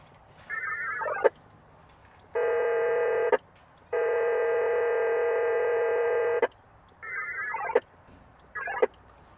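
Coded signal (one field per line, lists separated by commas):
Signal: HF data modem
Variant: VARA FM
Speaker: I'm going to send this VHF via VAR FM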